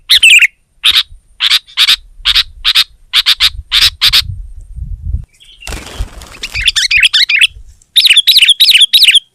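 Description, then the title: Sooty-headed bulbul gives spaced bright chirps, then a burst of rustling noise, followed by a fast series of twittering notes. "kutilang"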